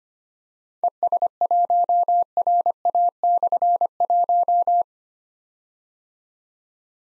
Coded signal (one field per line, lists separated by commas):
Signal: Morse code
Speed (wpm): 25 wpm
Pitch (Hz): 700 Hz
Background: none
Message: ES1RA/1